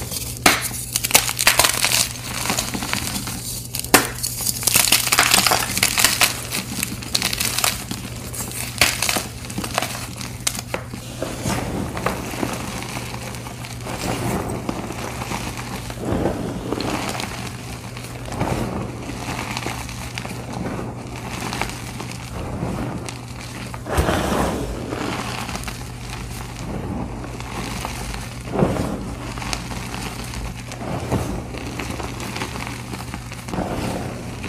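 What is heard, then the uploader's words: Dyed gym chalk is crushed, with dense, gritty crunching and crinkling that is loudest in the first ten seconds, then settles into sparser squeezes and crumbles with sharper bursts near 16, 24 and 29 seconds. A steady low hum runs underneath. Blue & Yellow Dyed Gym Chalk Crush. ASMR oddly satisfying crushing dyed gym chalk blocks.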